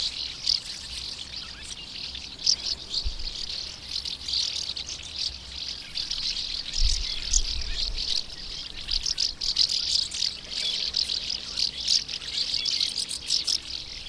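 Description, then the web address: Common house martins chattering with rapid, high chirps in a dense, unbroken chorus, joined by a few low thumps. "agykontroll Madardalok Cd 2. Molnárfecske"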